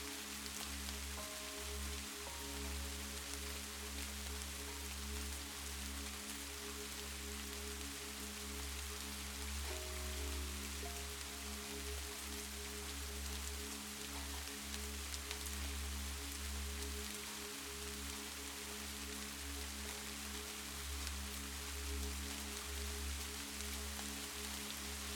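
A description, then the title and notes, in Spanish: Heavy rain hisses steadily across the whole clip, a dense, unbroken wash. Beneath it runs soft music: sustained low tones and a few gentle held notes, with brief melodic changes around the first and tenth seconds. La suave música y el sonido cautivador de la lluvia torrencial.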